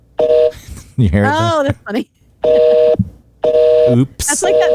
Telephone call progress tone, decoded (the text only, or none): busy tone